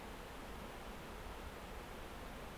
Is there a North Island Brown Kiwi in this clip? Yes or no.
no